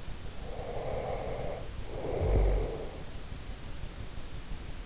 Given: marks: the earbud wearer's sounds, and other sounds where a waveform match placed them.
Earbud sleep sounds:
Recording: sounds in sleep by an in-ear microphone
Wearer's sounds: breath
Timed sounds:
0.45-3.16 s: breath

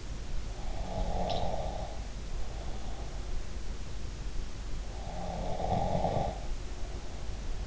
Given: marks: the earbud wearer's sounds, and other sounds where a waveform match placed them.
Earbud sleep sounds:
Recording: sounds in sleep by an in-ear microphone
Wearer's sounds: snoring breath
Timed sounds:
0.65-3.19 s: snoring breath
4.98-7.67 s: snoring breath

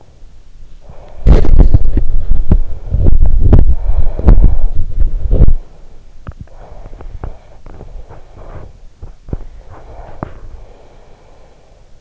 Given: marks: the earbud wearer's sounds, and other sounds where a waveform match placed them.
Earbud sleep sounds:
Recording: sounds in sleep by an in-ear microphone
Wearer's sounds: swallowing, breath, body movement, teeth grinding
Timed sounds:
0.00-0.39 s: swallowing
0.72-3.31 s: breath
0.90-6.04 s: body movement
3.68-6.04 s: breath
6.15-10.78 s: teeth grinding
6.54-8.64 s: breath
9.27-12.01 s: breath

